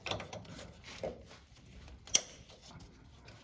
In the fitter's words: slide them on until they click.